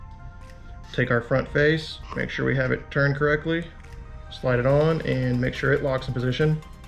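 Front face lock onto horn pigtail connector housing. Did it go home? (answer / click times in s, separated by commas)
no / none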